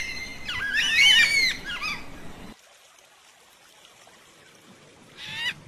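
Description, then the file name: Yellow-tailed black cockatoo call: a loud, harsh, modulated screech lasting about two seconds, then quiet, and a brief second rasping note toward the end. "Canto da cacatua funebre"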